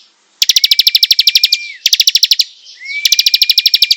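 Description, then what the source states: Prinia delivering energetic bursts of rapid ticks, three phrases with short gaps between them, two over a level whistle. Singing vigorously, described as gacor.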